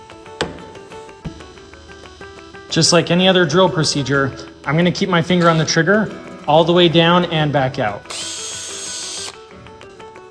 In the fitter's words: You should hear that snap to make sure it's on tight enough.